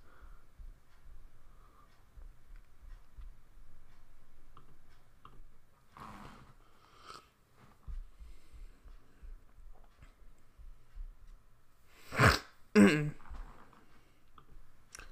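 A quiet room, then two sharp, loud bursts close together: a single muffled, partly stifled sneeze from an adult man.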